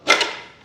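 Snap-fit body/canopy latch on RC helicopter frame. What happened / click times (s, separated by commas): The plastic snap-fit latch popped open / 0.1 s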